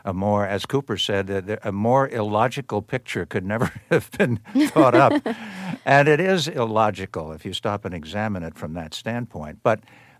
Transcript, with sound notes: a more - as Cooper said, a more illogical picture could never (laughter) have been thought up.
(Laughter).
And it is illogical if you stop and examine it from that standpoint.